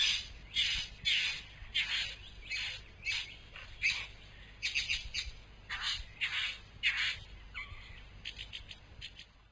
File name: bowerbird satin